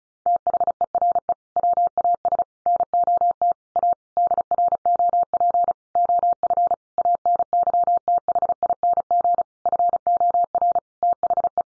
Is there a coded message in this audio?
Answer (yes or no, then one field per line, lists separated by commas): yes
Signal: Morse code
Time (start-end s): 0.3-11.6 s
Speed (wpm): 34 wpm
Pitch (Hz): 700 Hz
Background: none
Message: THERE WAS NOT A DROP OF ANYTHING FOR THE